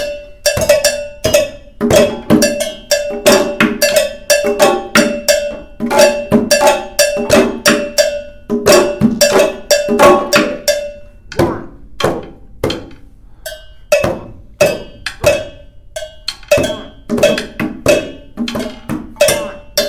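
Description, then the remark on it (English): A cowbell is struck in a steady, quick rhythm alongside hand drum hits, the bright metallic clanks ringing over thuddy beats that thin out and grow more sparse toward the end. “You want to drum or you want to play the bell?”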